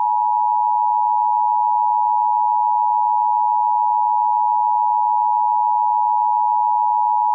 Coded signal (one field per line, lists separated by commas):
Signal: Emergency Alert System (SAME) tones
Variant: 853 and 960 Hz attention tone